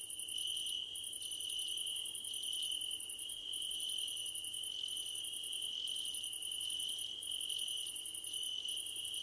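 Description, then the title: Crickets sing in a dense chorus, an even high trill with higher pulsed chirps and softer short chirps repeating roughly once per second. Crickets calling at night under a starlit sky. "Nighttime Ambience with Crickets 🌃"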